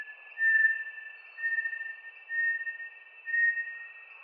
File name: Bartlett's tinamou